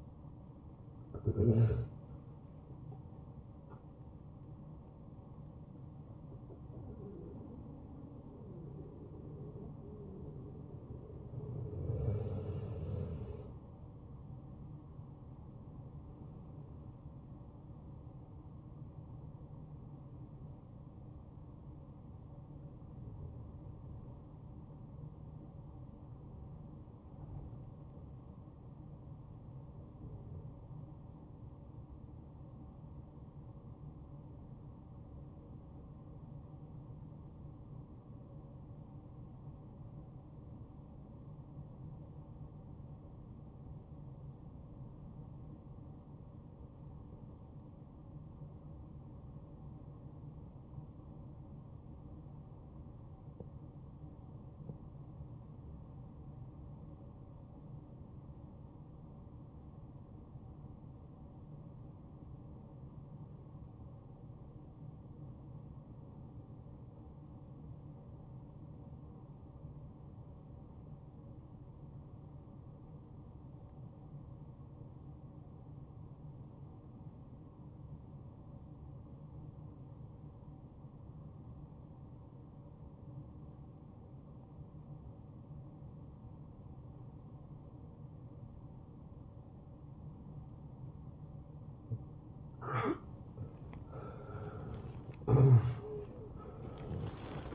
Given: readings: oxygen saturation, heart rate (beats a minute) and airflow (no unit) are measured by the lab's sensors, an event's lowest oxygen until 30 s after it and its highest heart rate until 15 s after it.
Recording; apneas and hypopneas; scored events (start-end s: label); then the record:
breathing in sleep by a smartphone at the bedside; 1
33.00-90.70 s: obstructive apnea (REM, oxygen 95% highest, then 71% lowest, heart rate 73 at the start, 91 highest)
85.00-97.55 s: new sleep stage, N1 (lightest sleep)
From the record:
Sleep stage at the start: REM sleep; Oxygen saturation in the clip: 75 to 95%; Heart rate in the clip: 58 to 85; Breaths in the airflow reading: 8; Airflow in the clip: -8.1 to 6.5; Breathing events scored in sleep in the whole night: 263 in 5.5 hours asleep